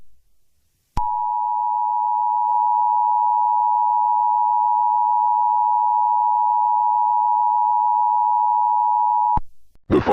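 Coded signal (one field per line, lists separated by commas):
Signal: Emergency Alert System (SAME) tones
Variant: 853 and 960 Hz attention tone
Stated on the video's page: Fictional EAS scenario.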